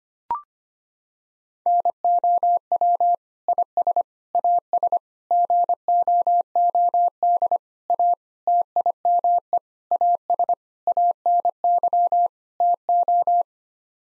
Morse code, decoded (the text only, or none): NOW IS AS GOOD A TIME AS ANY TO